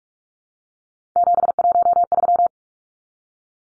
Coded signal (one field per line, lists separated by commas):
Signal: Morse code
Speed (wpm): 44 wpm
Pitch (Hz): 700 Hz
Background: none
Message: 713